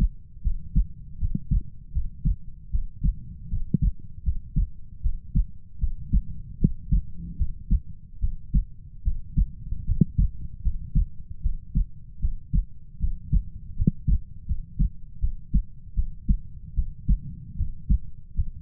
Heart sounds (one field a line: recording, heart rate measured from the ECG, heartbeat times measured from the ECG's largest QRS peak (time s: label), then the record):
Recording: heart sounds by stethoscope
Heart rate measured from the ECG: 77 bpm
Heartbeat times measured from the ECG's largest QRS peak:
0.42 s: heartbeat
1.18 s: heartbeat
1.92 s: heartbeat
2.70 s: heartbeat
3.48 s: heartbeat
4.23 s: heartbeat
5.01 s: heartbeat
5.78 s: heartbeat
6.58 s: heartbeat
7.36 s: heartbeat
8.19 s: heartbeat
9.02 s: heartbeat
9.84 s: heartbeat
10.61 s: heartbeat
11.41 s: heartbeat
12.19 s: heartbeat
12.99 s: heartbeat
13.74 s: heartbeat
14.45 s: heartbeat
15.19 s: heartbeat
15.94 s: heartbeat
16.74 s: heartbeat
17.55 s: heartbeat
18.33 s: heartbeat
From the record:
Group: healthy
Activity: cold pressor test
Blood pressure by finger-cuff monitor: 97/65 mmHg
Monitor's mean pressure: 78 mmHg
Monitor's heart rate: 77 bpm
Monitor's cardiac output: 6.4 L/min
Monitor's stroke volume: 84 mL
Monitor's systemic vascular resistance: 850 dyn s/cm5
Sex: female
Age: 19 years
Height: 163 cm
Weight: 48.9 kg